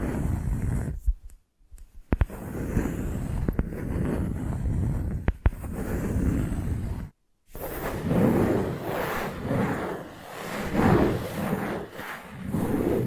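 Invisible tapping, scratching and tracing: a dense, rough rustle of low scratchy strokes runs almost throughout, with a few sharp taps near 2 and 5 seconds. Brief silences break it around 1 and 7 seconds, and the strokes after that come in rhythmic swells.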